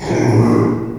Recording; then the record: squeal of a Yucatan mini pig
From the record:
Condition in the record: before surgery on the right vocal fold (resection and tissue-engineered implant); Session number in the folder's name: 1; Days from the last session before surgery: -3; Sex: male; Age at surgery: 12 weeks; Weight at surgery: 13 kg